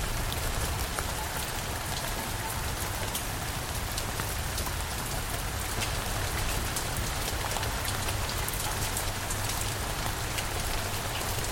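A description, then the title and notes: Rain falls steadily on a wet night, a dense, even hiss with countless fine drops ticking and spattering. A low, constant rumble sits underneath, and the level holds the same throughout with no distinct breaks or separate events. The Rain Shower with Distant Thunder. Outside it's a really rainy night. The Kent countryside, UK, where the soothing rhythm of a gentle rain shower becomes your lullaby. Raindrops as they dance upon leaves and roofs.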